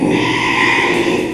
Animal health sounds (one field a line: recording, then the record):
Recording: squeal of a Yucatan mini pig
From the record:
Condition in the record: after surgery on the right vocal fold (resection and tissue-engineered implant)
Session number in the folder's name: 1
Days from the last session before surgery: 6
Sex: male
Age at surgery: 12 weeks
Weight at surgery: 13 kg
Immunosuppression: cyclosporine, prednisolone